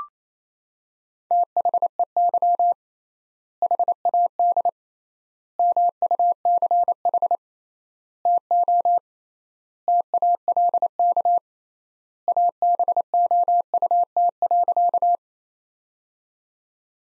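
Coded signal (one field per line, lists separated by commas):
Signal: Morse code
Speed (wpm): 27 wpm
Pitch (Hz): 700 Hz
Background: none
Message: THEY HAD MUCH TO TALK ABOUT.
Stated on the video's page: Morse practice sentences from the top 400 words at 28 wpm with 3x standard word spacing, a Farnsworth-like method applied to words for head-copy training.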